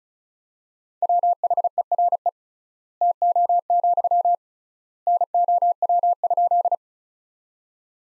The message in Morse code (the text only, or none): WHERE TO, NOW?